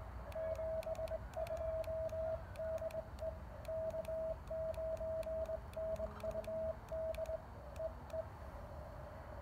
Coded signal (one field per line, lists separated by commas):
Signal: Morse code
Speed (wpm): 19 wpm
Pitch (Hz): 640 Hz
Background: radio noise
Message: 72 DE K9NUD EE